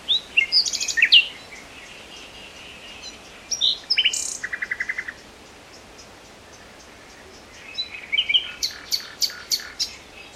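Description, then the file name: Common nightingale singing varied phrases: sharp chirps and whistles, a rapid buzzy rattle of repeated notes, a pause, then a fast series of loud clicking notes. "Luscinia megarhynchos"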